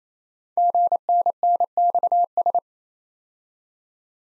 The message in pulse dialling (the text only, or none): none